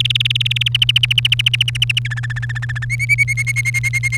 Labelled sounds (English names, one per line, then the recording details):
Domestic Canary song
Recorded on 30 April 2018 at 16:18
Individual llb3